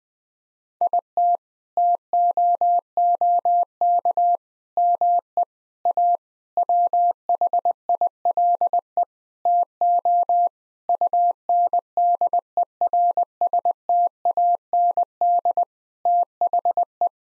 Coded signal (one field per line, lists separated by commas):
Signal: Morse code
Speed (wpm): 21 wpm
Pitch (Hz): 700 Hz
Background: none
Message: IT TOOK ME A WHILE TO UNDERSTAND THE